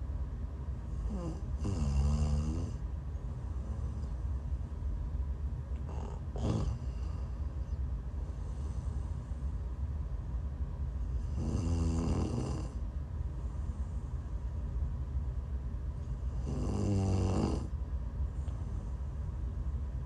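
Four rumbling snores spaced about five seconds apart, near 12 a minute, each a low, buzzy vibration on the in-breath with quiet breathing between. Ordinary sleep snoring from an adult woman, heard close-up over a steady low background hum, as ASMR snoring.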